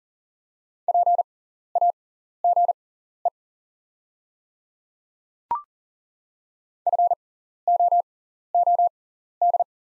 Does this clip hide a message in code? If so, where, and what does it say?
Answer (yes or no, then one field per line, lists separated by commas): yes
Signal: Morse code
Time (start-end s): 0.9-9.6 s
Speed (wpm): 40 wpm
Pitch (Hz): 700 Hz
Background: none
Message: PAGE FOOD